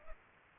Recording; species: mosquito wingbeat signal from an infrared sensor; Culex pipiens